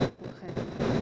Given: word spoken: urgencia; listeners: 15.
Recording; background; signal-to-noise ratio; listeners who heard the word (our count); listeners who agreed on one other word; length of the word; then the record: one Spanish word in noise, from a listening test; noise modulated by one talker; -9.6 dB; 0 of 15; 11 of 15; 0.61 s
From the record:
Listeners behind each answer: 11, 1, 1, 1, 1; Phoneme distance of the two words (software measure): 45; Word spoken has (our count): 3 syllables, 8 phonemes, stress on syllable 2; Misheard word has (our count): 2 syllables, 5 phonemes, stress on syllable 2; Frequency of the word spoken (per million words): 26.82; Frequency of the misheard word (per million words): 405.98